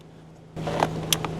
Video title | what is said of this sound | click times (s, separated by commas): 6.0 DIESEL OIL leak - CLEAN Excursion from the WEST COAST! #repair #mechanic | Oh, I heard it click. I hope you guys heard it click. | 1.1 s